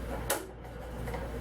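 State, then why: Seated. A 15 cm embroidery hoop frame is pushed into the loosely fitted tubular arms of a Blue Sky 1501 embroidery machine, whose set screws are not yet tightened. A single sharp click at 0.3 s marks the frame latching and locking into the arms, followed by a low steady background hum.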